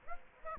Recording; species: mosquito wingbeat signal from an infrared sensor; Aedes aegypti